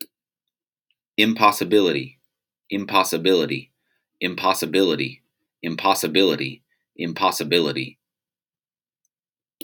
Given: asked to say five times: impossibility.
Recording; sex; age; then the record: repeated word; male; 30 to 39 years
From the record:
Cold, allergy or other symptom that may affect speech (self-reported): no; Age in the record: 36 years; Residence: Kentucky, United States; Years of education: 20